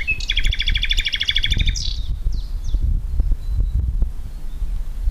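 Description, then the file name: Common nightingale delivering a loud, fast pulsed rattle of about a second and a half, followed by a few thin downslurred whistles, with low rumbling noise throughout. "Luscinia megarhynchos"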